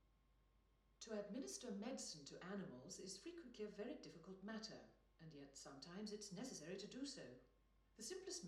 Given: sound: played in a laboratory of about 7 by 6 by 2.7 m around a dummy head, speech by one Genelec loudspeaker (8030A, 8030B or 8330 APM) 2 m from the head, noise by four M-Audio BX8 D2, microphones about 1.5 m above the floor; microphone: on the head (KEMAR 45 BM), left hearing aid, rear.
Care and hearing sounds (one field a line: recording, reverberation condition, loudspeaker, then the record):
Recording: female speech in English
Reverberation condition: medium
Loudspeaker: 150 degrees to the left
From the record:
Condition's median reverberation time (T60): about 510 ms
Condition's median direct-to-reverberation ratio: about -0.5 dB